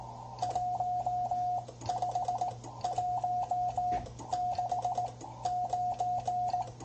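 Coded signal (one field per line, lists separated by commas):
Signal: Morse code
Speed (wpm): 17 wpm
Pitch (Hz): 720 Hz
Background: none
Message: 15169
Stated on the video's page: CW CQ and QSO on 40 meters, Ten-Tec Argonaut 515 at 25 W, paddle or bug or straight key, through JPS NRF-7 CW-Wide filter, ground-level vertical.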